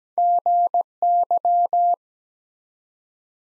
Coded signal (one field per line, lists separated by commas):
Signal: Morse code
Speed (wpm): 17 wpm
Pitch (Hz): 700 Hz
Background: none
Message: GY